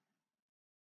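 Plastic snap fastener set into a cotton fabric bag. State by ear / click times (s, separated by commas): not seated / none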